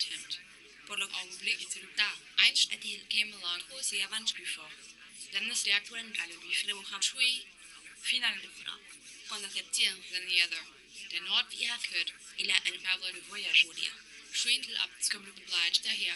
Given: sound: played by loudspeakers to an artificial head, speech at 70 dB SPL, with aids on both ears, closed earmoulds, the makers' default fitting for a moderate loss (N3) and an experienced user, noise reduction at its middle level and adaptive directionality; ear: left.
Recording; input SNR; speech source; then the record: speech test signal (ISTS) in cocktail-party noise; +6 dB; in front (0 degrees)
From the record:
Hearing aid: class 2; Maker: J